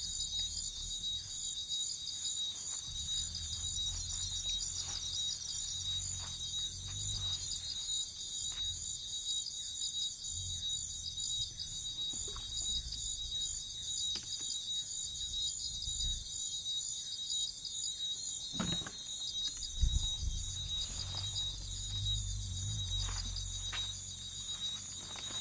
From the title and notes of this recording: Congo Basin Rainforest - Bugs Close To The Mics. This moth decided my blimp was the best place to hang out and make low frequency humming sounds.